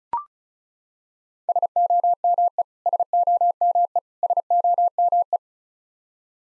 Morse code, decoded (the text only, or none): SOME SOME SOME